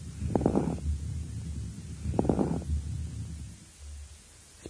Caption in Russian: У больного крупозной пневмонией в нижней доле правого легкого в стадии начала заболевания. В правой подлопаточной области. Справа на фоне ослабленного дыхания определялась крепитация.